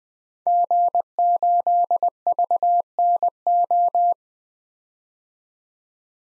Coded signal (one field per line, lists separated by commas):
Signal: Morse code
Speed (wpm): 20 wpm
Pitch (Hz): 700 Hz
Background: none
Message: G8VNO